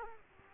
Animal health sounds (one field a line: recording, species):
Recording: mosquito wingbeat signal from an infrared sensor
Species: Culex quinquefasciatus